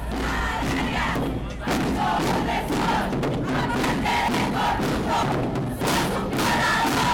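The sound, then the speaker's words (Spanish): A large crowd of women and feminists chants loudly in unison on the streets of San José on 8 February, shouting "Yo sí te creo", their voices rising and falling in a steady, rhythmic cadence that continues without pause for the whole stretch. “El pasado 8 de febrero, las calles de San José se llenaron de mujeres y feministas que gritaron al unísono, "Yo sí te creo".”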